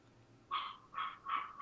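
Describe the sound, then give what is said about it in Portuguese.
Someone imitates a dog barking: four short, rough, yappy barks in a steady rhythm, fairly loud, with no other talking. “tá passando mal aí, tá imitando um cachorro?”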